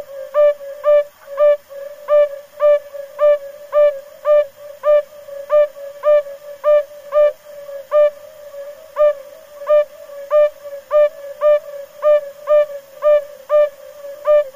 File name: Bombina variegata